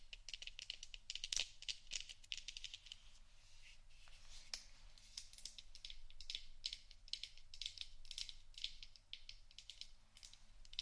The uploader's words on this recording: ASMR Scratchtap On Various Items （No Talking）.